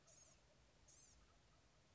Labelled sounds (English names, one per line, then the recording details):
Blue-gray Gnatcatcher
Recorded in Sonoma County, California